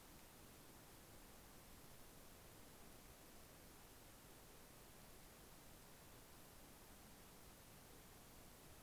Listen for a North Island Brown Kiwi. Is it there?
no